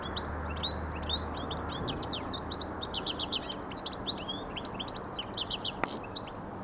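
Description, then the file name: European goldfinch song, a fast, continuous run of tinkling, twittering notes over steady low background noise. "Carduelis carduelis"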